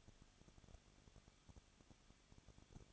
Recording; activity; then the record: daily activity, microphone in the room; no activity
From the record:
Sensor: 4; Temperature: 23.1 degrees Celsius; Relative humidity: 34.3%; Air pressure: 1007.2 hPa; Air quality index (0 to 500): 214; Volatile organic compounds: 14 ppm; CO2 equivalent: 2463 ppm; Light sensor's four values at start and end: 2/3/1/1 and 2/3/1/1